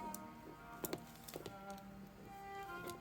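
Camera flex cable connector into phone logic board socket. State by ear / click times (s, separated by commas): not seated / none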